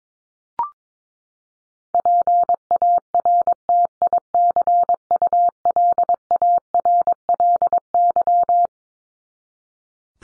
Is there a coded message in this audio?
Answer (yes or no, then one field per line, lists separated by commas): yes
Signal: Morse code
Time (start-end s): 1.9-8.7 s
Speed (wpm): 22 wpm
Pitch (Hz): 700 Hz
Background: none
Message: PARTICULARLY